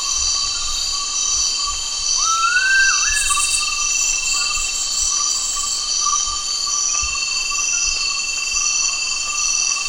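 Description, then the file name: Gould's frogmouth giving a single whistled note that rises, wavers and dips briefly, over a steady high hiss. Recorded at Danum, Borneo, on 1 August 2009. "DANUM 20090801"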